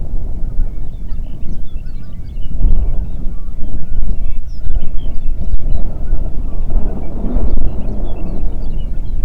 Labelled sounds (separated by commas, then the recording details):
songbird, waterfowl, wind
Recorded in the Prudhoe Bay oil fields, Alaska, on 8 June 2019 at 04:18
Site 30